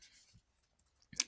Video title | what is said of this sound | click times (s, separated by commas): Let's sew The Star Mini Tote! - Pattern By Star Stitches - Tutorial | front slip pocket panel back on here let it snap in place | 1.2 s